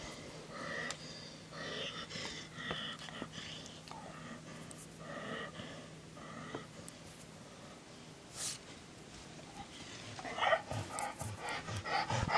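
Short, irregular bursts of high whistling with faint nasal snorting, heard close up in a quiet room. This is wheezing in a male dog, a musical noise from air squeezing through narrowed airways, which began the same day. Some louder rustling noise near the end.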